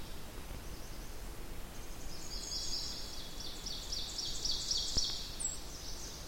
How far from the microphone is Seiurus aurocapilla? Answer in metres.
about 55 m